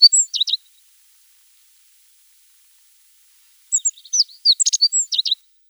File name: Ovsjanka Godlevskogo